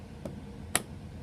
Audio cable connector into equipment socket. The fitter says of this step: Until you hear that click. Now that's in there.